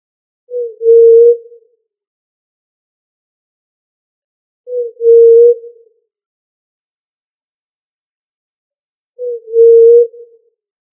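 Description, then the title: Pigeon cooing, low soft hooted notes, three well-spaced coos, with a few faint high ticks late on. Family Columbidae. "Familia Columbidae Pomba"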